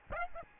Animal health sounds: mosquito wingbeat signal from an infrared sensor; Aedes albopictus

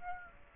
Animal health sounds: mosquito wingbeat signal from an infrared sensor; Aedes aegypti

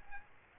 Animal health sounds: mosquito wingbeat signal from an infrared sensor; Aedes aegypti

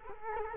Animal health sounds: mosquito wingbeat signal from an infrared sensor; Culex quinquefasciatus

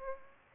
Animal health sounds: mosquito wingbeat signal from an infrared sensor; Aedes aegypti

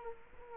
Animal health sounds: mosquito wingbeat signal from an infrared sensor; Culex quinquefasciatus

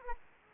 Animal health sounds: mosquito wingbeat signal from an infrared sensor; Aedes aegypti

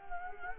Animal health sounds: mosquito wingbeat signal from an infrared sensor; Culex quinquefasciatus

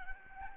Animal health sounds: mosquito wingbeat signal from an infrared sensor; Aedes albopictus

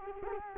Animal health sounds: mosquito wingbeat signal from an infrared sensor; Culex quinquefasciatus

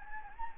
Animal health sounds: mosquito wingbeat signal from an infrared sensor; Anopheles gambiae

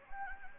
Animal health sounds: mosquito wingbeat signal from an infrared sensor; Anopheles gambiae

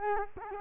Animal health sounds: mosquito wingbeat signal from an infrared sensor; Culex quinquefasciatus

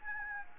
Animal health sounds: mosquito wingbeat signal from an infrared sensor; Anopheles gambiae

